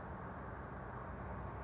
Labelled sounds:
Oak Titmouse
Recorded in Sonoma County, California

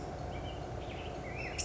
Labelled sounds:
Black-headed Grosbeak
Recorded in Sonoma County, California

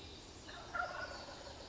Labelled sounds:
Wild Turkey
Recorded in Sonoma County, California

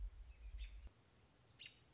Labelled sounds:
American Robin
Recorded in Sonoma County, California

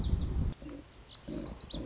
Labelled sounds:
Lazuli Bunting
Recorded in Sonoma County, California

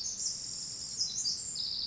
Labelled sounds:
Pacific Wren
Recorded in Sonoma County, California

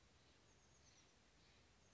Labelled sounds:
Oak Titmouse
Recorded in Sonoma County, California

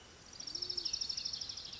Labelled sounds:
Band-tailed Pigeon
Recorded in Sonoma County, California

